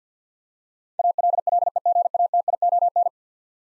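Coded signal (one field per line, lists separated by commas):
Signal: Morse code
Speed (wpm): 50 wpm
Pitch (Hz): 700 Hz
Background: none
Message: ALLEGATION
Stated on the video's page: Head-copy drill of ten-letter words in Morse at 50 wpm, each word sent, spoken, then sent again.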